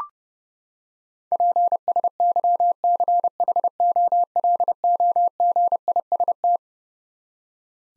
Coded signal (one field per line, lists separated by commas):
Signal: Morse code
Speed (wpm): 30 wpm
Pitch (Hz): 700 Hz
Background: none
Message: PSYCHOLOGIST